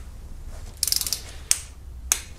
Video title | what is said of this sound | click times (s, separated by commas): HYUNDAI SANTA FE CAMSHAFT CAPS TORQUE SPECS AND SEQUENCE | okay these bolts right here okay until we hear a click and you stop immediately | 1.5 s, 2.1 s